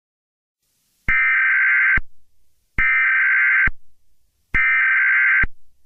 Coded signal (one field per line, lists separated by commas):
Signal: Emergency Alert System (SAME) tones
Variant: header bursts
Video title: EAS Scenario #4: Clown Rampage of London.